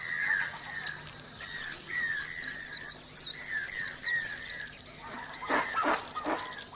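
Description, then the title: Oriental magpie-robin song opening with lower slurred whistles, then a fast run of high, sharp chirps, ending with a few harsh rasping notes. "Kicau Kacer"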